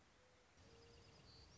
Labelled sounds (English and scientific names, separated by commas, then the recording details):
Mourning Dove (Zenaida macroura)
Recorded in Sonoma County, California